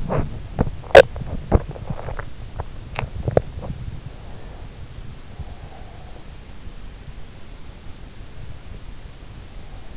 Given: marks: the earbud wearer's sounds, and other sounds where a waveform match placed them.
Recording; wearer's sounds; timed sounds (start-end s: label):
sounds in sleep by an in-ear microphone; teeth grinding, breath
0.00-4.00 s: teeth grinding
4.00-6.76 s: breath